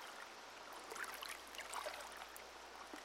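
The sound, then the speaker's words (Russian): River water flows in a steady, soft rushing wash, broken by small bubbling splashes and trickles that rise briefly around the middle. There are no voices. “Действие третье. У реки.”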